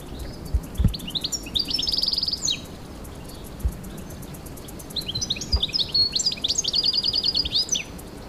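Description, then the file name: European goldfinch twittering, two bursts of fast, tinkling, liquid notes with buzzy trilled runs, separated by a short pause, with occasional low thumps in the background. "Carduelis carduelis"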